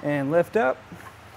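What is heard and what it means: The tilt-away latch of a Kuat Piston Pro hitch-mounted platform bike rack for 4 bikes on a 2024 Kia Carnival is handled as the loaded platform is lifted back up from its tilted-away position. Someone talks briefly over faint low background noise. Nothing has seated or clicked yet.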